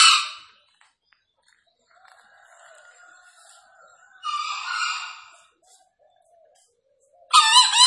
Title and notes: Panggilan Ayam Hutan Liar. Ayam Hutan Hijau Dilepas Bebas n Bunyi Gacor Diatas Pohon. Pemikat Ayam Hutan